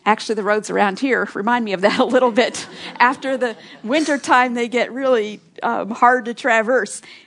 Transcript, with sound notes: Actually, the roads around here remind me of that a little bit. (laughter) After the winter time they get really hard to traverse.